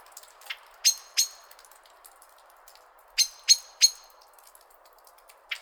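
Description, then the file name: Common blackbird hard ticking calls given in two bursts, a pair then a trio of sharp metallic notes, with a faint hiss behind. "Turdus merula"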